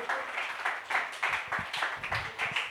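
An audience at a comedy night applauds comedian Walter Leonardi, a dense, steady patter of many hands clapping together with a few louder claps standing out, sustained for a few seconds with no talking.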